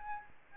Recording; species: mosquito wingbeat signal from an infrared sensor; Aedes albopictus